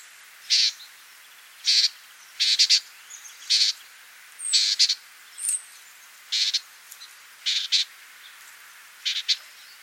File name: Thryomanes bewickii - Bewick's Wren